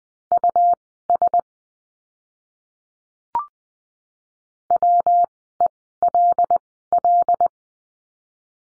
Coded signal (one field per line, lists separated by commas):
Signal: Morse code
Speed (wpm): 20 wpm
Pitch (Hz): 700 Hz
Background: none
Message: US WELL